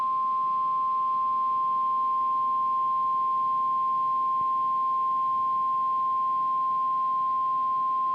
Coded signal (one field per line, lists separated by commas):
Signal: Emergency Alert System (SAME) tones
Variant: 1050 Hz attention tone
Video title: EAS - CRP Required Weekly Test on WXK26 - 12/21/2022